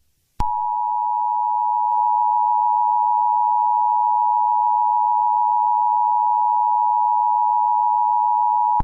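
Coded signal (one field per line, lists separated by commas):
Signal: Emergency Alert System (SAME) tones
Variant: 853 and 960 Hz attention tone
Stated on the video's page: Mock, made-up tornado alert for Arkansas.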